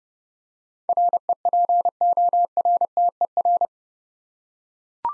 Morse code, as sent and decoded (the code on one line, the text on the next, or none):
.-. . .--. --- .-. - . .-.
REPORTER